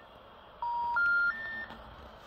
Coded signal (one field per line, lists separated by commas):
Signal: telephone call progress tone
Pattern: special information tone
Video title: Hubnet - G7RPG Micronode - Hubnet Why this Improves Ham Radio Hobby